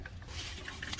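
An ignition coil boot and its cover are handled and pushed down toward a new spark plug in the engine of a 6th-gen Camaro, giving faint rubbery rustling and scraping over a low steady hum. Nothing has seated or clicked yet.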